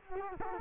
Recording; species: mosquito wingbeat signal from an infrared sensor; Culex quinquefasciatus